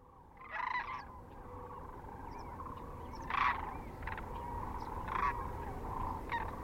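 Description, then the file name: Sandhill crane rolling, rattling calls in several separate bursts, loudest near the start and middle. Recorded at Kearney, Nebraska, on 9 March 2004, with other species also present. "2004-03-09 SACRandmore C Kearney NE"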